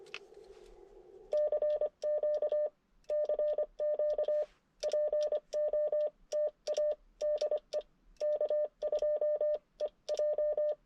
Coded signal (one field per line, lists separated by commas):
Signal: Morse code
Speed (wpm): 25 wpm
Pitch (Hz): 600 Hz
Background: none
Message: CQ CQ POTA DE K2EJ